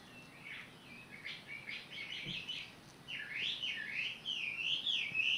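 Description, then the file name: Bird song: faint scratchy notes at first, then a clearer run of rapid zigzagging whistled warbles growing louder toward the end. Recorded 18 April 2022. "20220418 birdsong"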